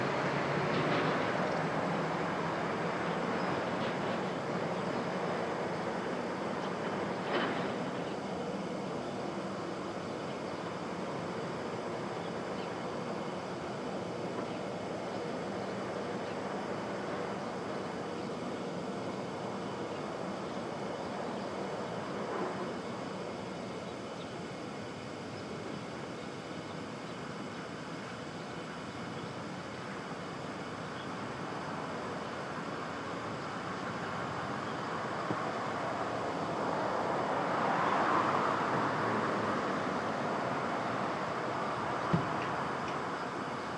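A steady city rumble at dawn in Brooklyn, like trains and traffic, with brief clanks near 7 and 22 seconds and a swell around 38 seconds.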